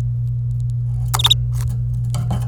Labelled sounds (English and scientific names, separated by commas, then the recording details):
Domestic Canary (Serinus canaria) song
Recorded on 26 April 2018 at 08:47
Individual llb3